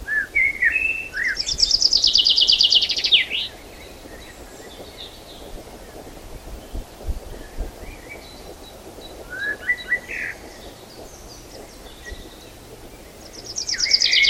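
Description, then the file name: Common chaffinch song: a quick, descending trill with a flourish, heard once in full and beginning again at the end, with a few short notes in between. "Fringilla coelebs"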